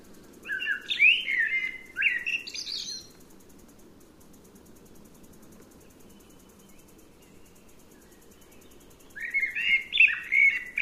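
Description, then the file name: Eurasian blackbird: two fluty phrases ending in squeaky high twitters, then a long quiet gap before a further warbled phrase, low hum throughout. "Turdus merula"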